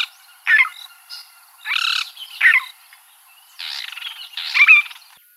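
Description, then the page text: Fork-tailed drongo calls: harsh buzzy bursts mixed with short metallic chirps and twangs, delivered in irregular clusters. "Sonnerie Fork Tailed Drongo sur MELOBOOM"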